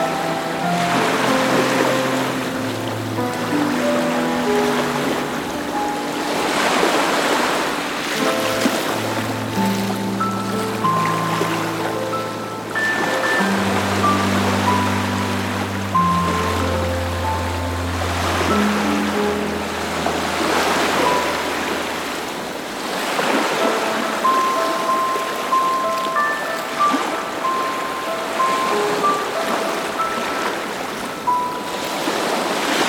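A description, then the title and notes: Atlantic surf on the Portuguese coast rolls in as a steady wash, swelling roughly every six or seven seconds as waves break. A low droning hum shifts pitch through the first two-thirds, like a boat engine, while faint thin whistling tones drift above the surf. Atlantic Ocean, Portugal. A 30-minute audio recording from a hike I did on the fisherman trail along the Atlantic coastline in Portugal.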